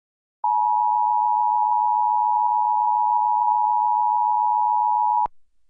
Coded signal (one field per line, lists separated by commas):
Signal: Emergency Alert System (SAME) tones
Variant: 853 and 960 Hz attention tone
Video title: National EAS Test During Spongebob - HIGHER QUALITY